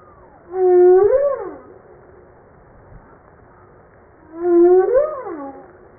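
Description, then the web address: Humpback whale song with two long moaning units that rise gradually and then fall away, rich in overtones, separated by a few seconds of low background hiss. Recorded 5 March 1994. "humpback 940305"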